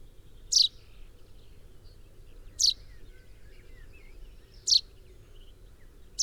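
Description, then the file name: Common chaffinch giving sharp, high single call notes about two seconds apart over a low background hum. "Fringilla coelebs"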